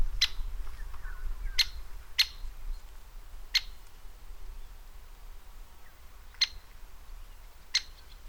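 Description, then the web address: Great spotted woodpecker uttering short, sharp 'kik' notes irregularly, six in eight seconds, over a hissy background. From a bird educational trail. "Vogellehrpfad Buntspecht"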